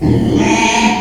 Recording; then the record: squeal of a Yucatan mini pig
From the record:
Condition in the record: after surgery on the right vocal fold (resection and tissue-engineered implant); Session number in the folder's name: 2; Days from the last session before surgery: 13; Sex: male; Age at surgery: 12 weeks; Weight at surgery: 13 kg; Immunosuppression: cyclosporine, prednisolone